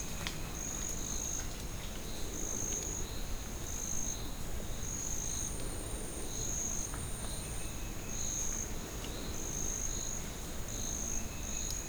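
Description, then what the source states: Crickets give high pulsed chirps at a steady rhythm over a constant insect drone, with low rumbling noise. Crickets in ambience at Parque Nacional de Anavilhanas, Novo Airão, Amazonas, Brazil; stereo, Zoom H6.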